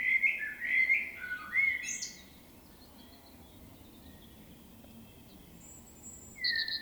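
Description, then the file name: Common blackbird singing short fluted, warbling phrases in the first two seconds, followed by quiet with faint thin high notes and a brief final note. "Turdus merula"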